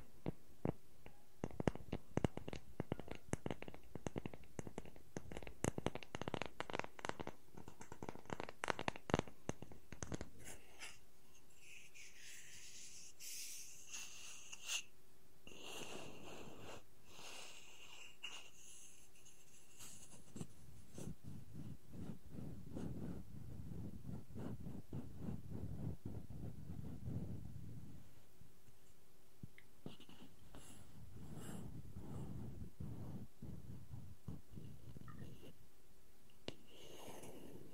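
Wooden objects tap and scratch in dense, irregular bursts, with rapid clicking in the first ten seconds. After that come slower scraping passages with bright rasping strokes and low rubbing, and a faint steady hum appears in the quieter stretches.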